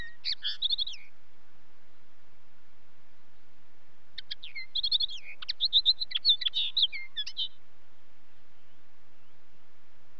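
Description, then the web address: Common linnet song: a short twittering burst, a pause, then a longer run of fast chattering notes and trills, ending with a few clipped chirps. "BBC Sound Effects Library. Linnet"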